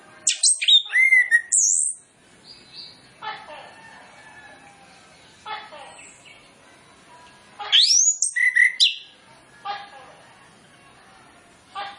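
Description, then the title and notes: Orange-headed Thrush song in loud bursts of high whistled and slurred notes separated by pauses, with softer scattered notes between. Lure track for Orange-headed Thrush, full of fill-in phrases, meant to prompt birds to sing fully and quickly. "Masteran Anis Kembang Full Isian Untuk Suara Pancingan Anis Kembang Agar Cepat Ngeplong. Suara Burung Anis Kembang"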